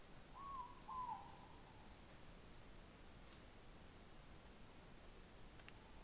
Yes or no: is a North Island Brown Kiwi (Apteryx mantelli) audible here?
no